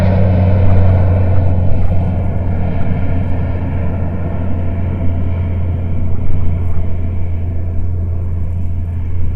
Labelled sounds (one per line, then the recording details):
aircraft
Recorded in the Prudhoe Bay oil fields, Alaska, on 21 June 2019 at 10:45
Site 22